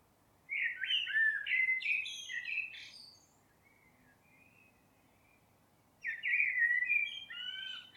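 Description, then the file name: Eurasian blackbird song: a melodious fluted phrase with a squeaky high tail, a quiet pause of about three seconds, then another warbling phrase. "Turdus merula"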